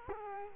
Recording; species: mosquito wingbeat signal from an infrared sensor; Culex quinquefasciatus